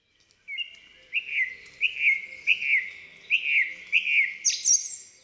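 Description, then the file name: Song thrush song: one short slurred phrase repeated about six times in quick succession, ending with a higher, sharper flourish. "Spiewak"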